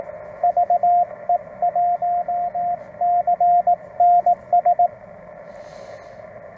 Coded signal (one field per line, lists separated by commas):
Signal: Morse code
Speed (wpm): 17 wpm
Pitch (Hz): 700 Hz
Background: radio noise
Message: VE1CNS